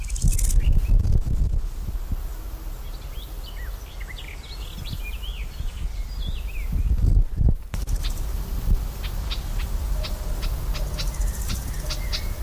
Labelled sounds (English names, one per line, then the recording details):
Large Gold Grasshopper stridulation
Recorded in the wild
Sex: male
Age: imago
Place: Mühlenbecker Teiche, Tegeler Fließ, Berlin, DE
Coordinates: 52.6458, 13.3956
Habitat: pond
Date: 1992-06-21 12:32
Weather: sunny, 19-26 °C, strengthening winds
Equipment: Marantz CP 430, Sennheiser ME 80, Kopie Tesla B 116
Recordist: Tembrock, Günter
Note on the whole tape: Fließteiche bei Mühlenbeck: Stridulation